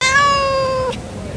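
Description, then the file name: Cat meowing once, a steady, drawn-out tonal meow lasting under a second that dips slightly at the end, followed by quiet background. Female cat. "Maullido de gata hembra"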